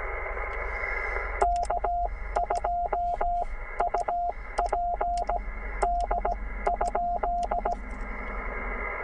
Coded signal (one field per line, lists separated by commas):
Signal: Morse code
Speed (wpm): 18 wpm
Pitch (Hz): 700 Hz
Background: radio noise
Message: K2UPD?